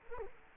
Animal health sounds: mosquito wingbeat signal from an infrared sensor; Culex quinquefasciatus

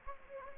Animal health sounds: mosquito wingbeat signal from an infrared sensor; Anopheles arabiensis

